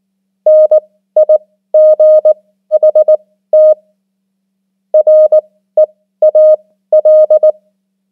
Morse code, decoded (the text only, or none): NIGHT REAL